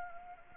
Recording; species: mosquito wingbeat signal from an infrared sensor; Anopheles arabiensis